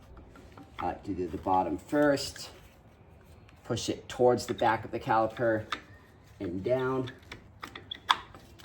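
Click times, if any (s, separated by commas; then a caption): 8.1 s. Someone talks while a metal brake pad anti-rattle clip is pushed toward the back of the front brake caliper and down on an Audi RS5 (B9.5/9) during a front brake pad change. A few light metallic taps are followed by a sharp click at 8.1 s as the clip snaps and seats into the caliper.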